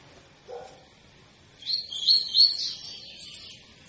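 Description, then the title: Double-collared seedeater: a soft, brief run of quick, high twittering notes after a faint low sound. Tui-tui song style, a teacher song for training young birds; the bird is described as 'fibra'. "COLEIRO TUI TUI FIBRA CANTO PROFESSOR"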